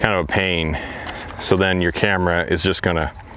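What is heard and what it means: A plastic camera module is being handled to slide into its mount on a Song Yang Toys X33C folding quadcopter, while someone talks throughout. No distinct click or snap stands out above the voice. Nothing has seated or clicked yet when the clip ends.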